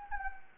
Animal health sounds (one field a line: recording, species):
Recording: mosquito wingbeat signal from an infrared sensor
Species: Anopheles gambiae